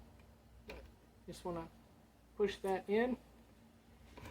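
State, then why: Not seated. A solar panel MC4 plastic connector is handled and pushed toward its mating MC4 connector while someone talks, with a faint tick near 0.7 s. Nothing has seated or clicked yet; the locking tabs have not snapped.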